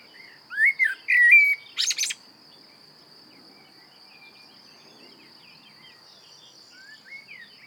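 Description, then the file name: Common blackbird song: loud mellow whistled phrase closing with a harsh high twitter, followed by quieter warbling notes and a steady faint high background tone. "Turdus merula"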